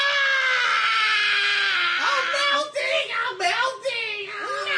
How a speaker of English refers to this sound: screamed in agony and tossed the ring into the crowd.